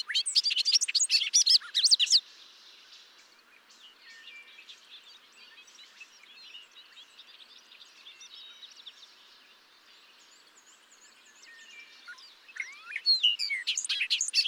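Bobolink singing a rapid, bubbling cascade of metallic, tumbling notes, loud at the start, fading to a quieter rambling warble, then bursting loudly again near the end.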